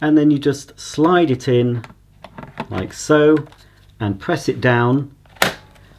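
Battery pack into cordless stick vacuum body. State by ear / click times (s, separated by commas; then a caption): seated / 5.4 s. Someone talks while a battery pack, writing on the bottom, is slid into the body of a Miele TriFlex HX1 Cat & Dog cordless stick vacuum and pressed down. A sharp click at 5.4 s marks the battery seating into position.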